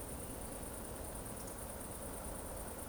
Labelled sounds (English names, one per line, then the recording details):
Eurasian Woodcock whistle
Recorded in Baden-Württemberg, Germany, on 25 June 2020 at 20:19 UTC
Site 14569, 102 m above sea level